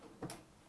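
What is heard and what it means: The plastic front panel on the housing of an MSA3 air purifier is popped open by hand, following the manual's diagram, to reach the filter. Two short tick-like clicks are heard at 0.2 s and 0.3 s as the panel releases, with a quiet background before and after. The front panel comes free and is released open.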